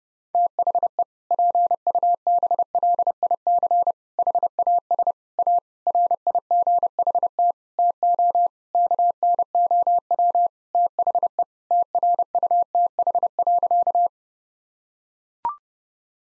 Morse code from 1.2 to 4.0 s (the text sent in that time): PUBLIC